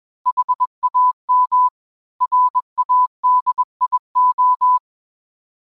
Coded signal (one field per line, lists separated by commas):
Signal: Morse code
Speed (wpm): 21 wpm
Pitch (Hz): 1000 Hz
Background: none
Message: HAM RADIO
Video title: Icom IC-2730A Dual Band Ham Radio Review